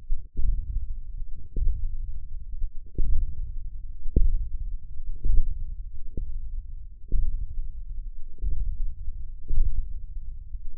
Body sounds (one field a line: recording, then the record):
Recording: forearm muscle sounds (acoustic myography)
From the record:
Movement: radial deviation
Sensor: system 1, eight BSWA MPA416 microphones around the upper forearm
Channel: 6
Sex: male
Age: 20 years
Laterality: left